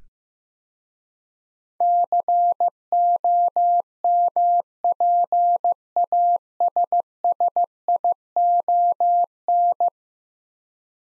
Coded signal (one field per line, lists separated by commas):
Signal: Morse code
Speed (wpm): 15 wpm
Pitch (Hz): 700 Hz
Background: none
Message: COMPASSION